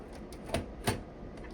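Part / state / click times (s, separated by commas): M.2 SSD retaining lock in a computer's M.2 slot / seated / 0.6 s, 0.9 s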